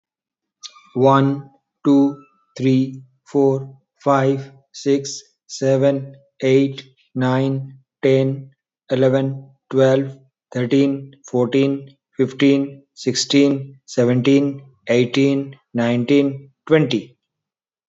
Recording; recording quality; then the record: counting at a normal pace; excellent, no background noise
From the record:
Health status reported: healthy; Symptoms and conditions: none ticked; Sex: male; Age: 44 years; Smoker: not ticked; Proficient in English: yes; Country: India